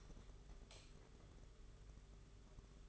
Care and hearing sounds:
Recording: daily activity, microphone in the room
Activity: light on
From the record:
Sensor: 4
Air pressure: 991.8 hPa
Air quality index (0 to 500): 98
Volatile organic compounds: 11 ppm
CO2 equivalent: 2291 ppm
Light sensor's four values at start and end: 7/16/6/6 and 9/25/9/11

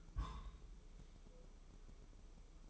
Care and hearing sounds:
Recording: daily activity, microphone in the room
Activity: place on stove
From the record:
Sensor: 1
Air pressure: 995.5 hPa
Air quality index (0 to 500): 30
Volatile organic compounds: 1 ppm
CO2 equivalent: 553 ppm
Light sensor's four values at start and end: 29/102/39/40 and 29/102/39/40

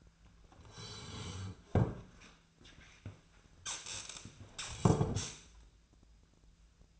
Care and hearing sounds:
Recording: daily activity, microphone in the room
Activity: sit down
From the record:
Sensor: 2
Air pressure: 1007.7 hPa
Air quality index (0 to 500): 180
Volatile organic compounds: 10 ppm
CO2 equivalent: 2202 ppm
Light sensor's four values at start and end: 10/23/9/10 and 10/23/9/10

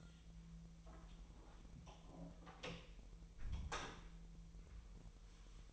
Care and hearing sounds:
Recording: daily activity, microphone in the room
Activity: close door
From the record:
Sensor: 1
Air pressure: 1001.4 hPa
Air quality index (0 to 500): 249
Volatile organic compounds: 129 ppm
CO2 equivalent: 3922 ppm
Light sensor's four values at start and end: 13/31/13/14 and 13/30/12/14

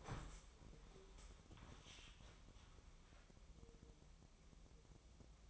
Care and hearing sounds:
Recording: daily activity, microphone in the room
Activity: stand up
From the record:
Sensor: 1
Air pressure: 1005.1 hPa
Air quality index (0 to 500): 124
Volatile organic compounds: 5 ppm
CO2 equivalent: 1726 ppm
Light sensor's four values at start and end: 11/26/10/11 and 10/25/10/11

